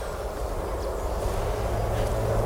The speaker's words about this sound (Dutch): Het is mooi, hè, wat er leven langs de sloot komt als het een beetje donker wordt. Ja, we horen vogels en helaas ook de snelweg nog op de achtergrond.